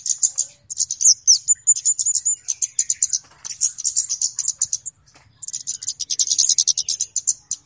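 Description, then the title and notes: Flowerpecker's sustained stream of shrill, rapid ticks and squeaky notes, almost continuous, with one short gap. Flowerpecker song described as clear, used as a lure for trapping birds. "Kicau Burung Kemade ( Cabe Cabean) Jernih. Suara Burung Cabe Cabean Pikat"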